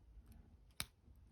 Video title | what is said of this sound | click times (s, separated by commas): Zenith pilot big date flyback ceramic in depth review | And there you go, you heard it snap on, and now it's perfectly secure and in place. | 0.8 s